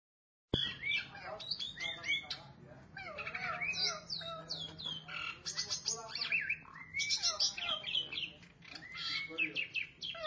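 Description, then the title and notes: Starling pouring out a dense, continuous jumble of squeaks, harsh rasps, chattering notes and short whistles. "suara burung jalak"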